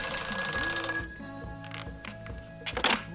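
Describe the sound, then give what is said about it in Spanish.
A field telephone linked to the village police station rings in a steady metallic trill, loud and continuous, with a few soft knocks and clicks as it fades, no voices present. “Teléfono de campaña con el puesto de policía del pueblo.”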